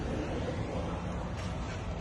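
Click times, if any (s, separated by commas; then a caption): none. A pulled oil dipstick is wiped clean with a cloth and lined up with the semi truck's engine dipstick tube before being pushed back in. Steady broadband rumbling noise fills the two seconds, with no sudden sounds. Nothing has seated or clicked yet.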